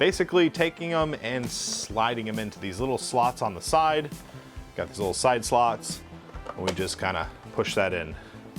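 Someone talks over background music while sliding a plastic shark fin into the small side slots of a toy foam-dart blaster and pushing it in. The fin is being handled but has not seated or clicked yet.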